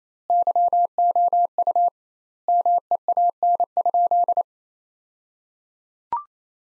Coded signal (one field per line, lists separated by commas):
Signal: Morse code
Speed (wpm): 28 wpm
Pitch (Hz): 700 Hz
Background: none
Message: YOU MEAN?